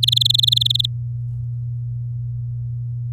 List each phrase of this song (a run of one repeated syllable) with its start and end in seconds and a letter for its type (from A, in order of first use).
0.02-0.86 A